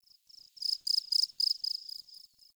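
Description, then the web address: Cricket chirping: a fast run of high, buzzy pulsed bursts, swelling louder in the middle, then fading to short quiet trills, with no other sounds. Open forest glade by day. "Soulframe Sounds. Forest Open Glade Day Forest Open Glade Cricket Close"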